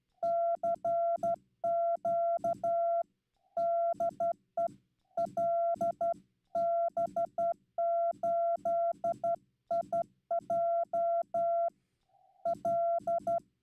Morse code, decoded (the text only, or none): CQ DE LB8IJ L